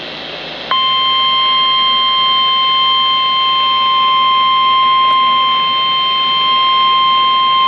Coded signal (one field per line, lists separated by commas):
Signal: Emergency Alert System (SAME) tones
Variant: 1050 Hz attention tone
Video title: Special Marine Warning (EAS #772)